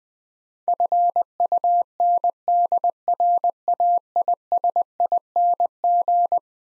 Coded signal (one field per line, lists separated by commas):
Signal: Morse code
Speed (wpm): 21 wpm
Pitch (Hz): 700 Hz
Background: none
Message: FUNDRAISING